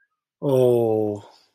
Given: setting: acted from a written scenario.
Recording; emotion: vocal sound without words; sympathy